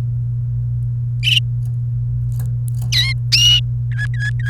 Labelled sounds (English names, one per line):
Domestic Canary song